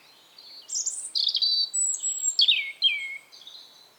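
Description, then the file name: European robin song, a continuous run of high, sweet whistles and downward-sliding notes, ending with softer notes. "Erithacus rubecula 240917"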